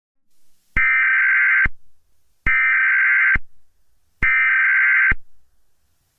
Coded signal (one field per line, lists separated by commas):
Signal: Emergency Alert System (SAME) tones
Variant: header bursts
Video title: EAS Scenario: The Rain of Shells